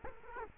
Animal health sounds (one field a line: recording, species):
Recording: mosquito wingbeat signal from an infrared sensor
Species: Culex quinquefasciatus